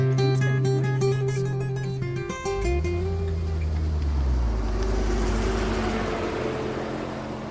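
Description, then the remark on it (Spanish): A car engine hums steadily as the vehicle drives, following another car, its pitch dropping and then climbing again partway through as if shifting gear, with a low road rumble and no voices. “Tú vienes conmigo y nos vamos en el carro, entonces vamos detrás.”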